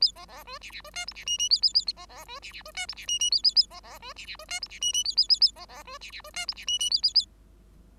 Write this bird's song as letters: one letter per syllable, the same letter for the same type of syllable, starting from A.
A B B C D D C E F D G G A A A B B C D D C E F D G G A A A B B C D D C E F D G G A A A A B B C D D C E F D G G A A A